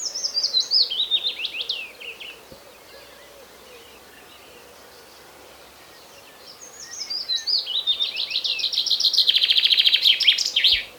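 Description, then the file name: Common Chaffinch song: a bright descending trill that ends in a flourish, given twice with a quiet pause of about four seconds between phrases. "Fringilla coelebs"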